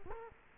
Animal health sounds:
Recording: mosquito wingbeat signal from an infrared sensor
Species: Culex quinquefasciatus

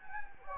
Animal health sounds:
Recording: mosquito wingbeat signal from an infrared sensor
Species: Anopheles gambiae

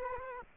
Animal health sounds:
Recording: mosquito wingbeat signal from an infrared sensor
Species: Culex quinquefasciatus

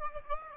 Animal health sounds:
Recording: mosquito wingbeat signal from an infrared sensor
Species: Aedes aegypti

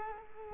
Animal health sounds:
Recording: mosquito wingbeat signal from an infrared sensor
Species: Culex quinquefasciatus

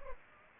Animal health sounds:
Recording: mosquito wingbeat signal from an infrared sensor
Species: Culex pipiens

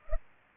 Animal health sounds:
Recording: mosquito wingbeat signal from an infrared sensor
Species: Culex pipiens

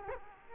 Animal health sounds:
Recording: mosquito wingbeat signal from an infrared sensor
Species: Culex quinquefasciatus

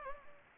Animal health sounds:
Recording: mosquito wingbeat signal from an infrared sensor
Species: Anopheles arabiensis

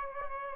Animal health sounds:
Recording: mosquito wingbeat signal from an infrared sensor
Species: Aedes aegypti

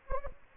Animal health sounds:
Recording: mosquito wingbeat signal from an infrared sensor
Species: Anopheles gambiae

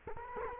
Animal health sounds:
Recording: mosquito wingbeat signal from an infrared sensor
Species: Culex quinquefasciatus

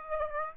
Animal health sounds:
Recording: mosquito wingbeat signal from an infrared sensor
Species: Aedes aegypti

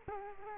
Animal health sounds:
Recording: mosquito wingbeat signal from an infrared sensor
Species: Culex quinquefasciatus

